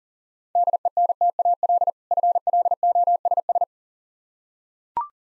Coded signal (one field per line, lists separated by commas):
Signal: Morse code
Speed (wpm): 37 wpm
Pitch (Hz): 700 Hz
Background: none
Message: DENTAL FLOSS